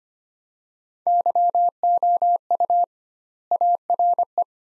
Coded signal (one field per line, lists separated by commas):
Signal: Morse code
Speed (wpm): 25 wpm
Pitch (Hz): 700 Hz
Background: none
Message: YOU ARE